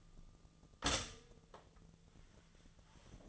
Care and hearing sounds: daily activity, microphone in the room; stop toaster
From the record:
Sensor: 4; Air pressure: 1010.1 hPa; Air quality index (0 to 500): 178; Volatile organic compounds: 5 ppm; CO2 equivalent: 1802 ppm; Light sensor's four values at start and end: 21/64/25/24 and 23/68/26/26

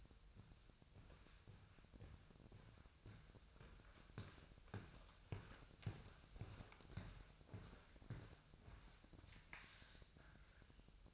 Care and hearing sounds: daily activity, microphone in the room; walk to room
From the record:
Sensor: 2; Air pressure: 999.3 hPa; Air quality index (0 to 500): 194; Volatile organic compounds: 26 ppm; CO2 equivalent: 2862 ppm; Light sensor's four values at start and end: 7/16/6/7 and 7/16/6/6

